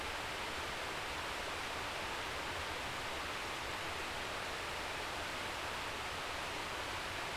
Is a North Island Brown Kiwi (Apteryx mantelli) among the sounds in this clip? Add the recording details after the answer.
no. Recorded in New Zealand on 11 December 2011. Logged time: 00:58. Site DD66